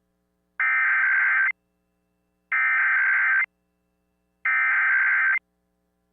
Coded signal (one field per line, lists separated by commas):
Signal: Emergency Alert System (SAME) tones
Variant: header bursts